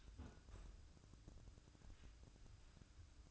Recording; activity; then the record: daily activity, microphone in the room; close fridge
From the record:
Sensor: 2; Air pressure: 1007.6 hPa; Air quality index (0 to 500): 59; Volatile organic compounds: 1 ppm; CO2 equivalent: 591 ppm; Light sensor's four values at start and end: 10/23/10/10 and 10/23/10/10